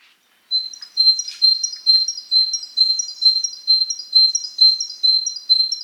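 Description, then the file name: Great tit calling with a fast run of high, thin two-note phrases, repeated about twice a second for over five seconds in a quiet background. "Parus major"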